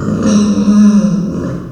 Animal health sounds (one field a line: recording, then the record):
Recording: squeal of a Yucatan mini pig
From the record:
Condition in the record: after surgery on the right vocal fold (resection and tissue-engineered implant)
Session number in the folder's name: 9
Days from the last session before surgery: 65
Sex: female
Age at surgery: 19 weeks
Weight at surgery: 25 kg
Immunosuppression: prednisolone